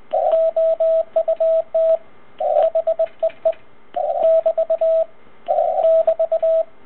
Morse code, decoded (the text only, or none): OUT HEE <BT> <BT>